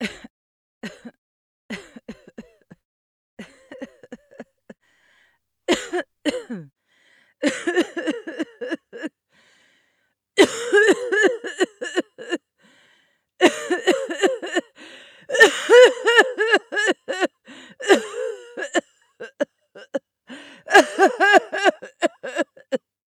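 Repeated bouts of coughing from an adult woman, coming in irregular clusters of short, voiced bursts over about twenty seconds, with brief pauses between bouts. Plain coughing in a quiet room.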